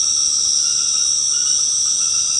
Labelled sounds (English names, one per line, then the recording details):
none
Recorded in secondary vegetation near Puerto Asís, Putumayo, Colombia, on 19 March 2025 at 21:00
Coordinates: 0.485, -76.322
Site G040